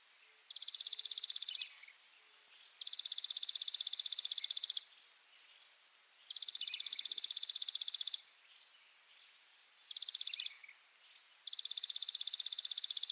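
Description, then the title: Chipping sparrow singing rapid, even trills of high chips, five bursts of up to about two seconds separated by short pauses. Subspecies Spizella passerina arizonae; used as a master song for training birds. "burung gereja dead sea masteran. Chipping Sparrow (Spizella passerina arizonae)"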